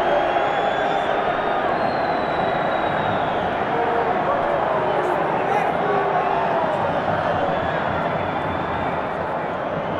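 A live football stadium crowd at Wembley fills the clip with a dense, steady roar of many voices. Chatter and calls blend into a constant wash with no pauses, the level holding even for the full ten seconds, with brief brighter shouts rising now and then.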